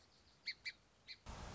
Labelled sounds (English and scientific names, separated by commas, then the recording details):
Song Sparrow (Melospiza melodia)
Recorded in Sonoma County, California